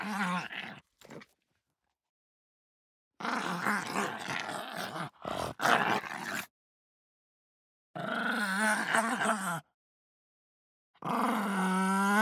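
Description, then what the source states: Pug snarling in repeated rough bouts of varying length, with silent gaps and a wavering, strained pitch. Hard snarl.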